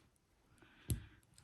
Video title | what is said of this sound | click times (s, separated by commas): Changing Out Nibs - TWSBI ECO - Fountain Pen | ah and then it pops right in and it's centered | 0.9 s